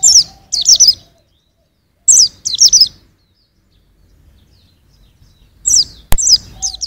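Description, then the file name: White-eye with short bursts of high downslurred chirps, a longer silent stretch mid-way, and one sharp click near the end. "suara burung pleci usro"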